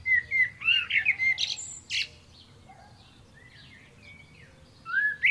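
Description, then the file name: Common blackbird singing a mellow warbled phrase ending in sharp high squeaks, then a quiet spell with faint notes, and a new phrase starting at the end. "Turdus merula"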